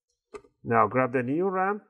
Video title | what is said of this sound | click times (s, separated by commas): Dell XPS M1530 RAM Upgrade Guide | it's supposed to go image it does that two clicks | 0.3 s